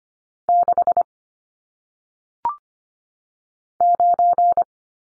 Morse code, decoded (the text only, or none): 6 9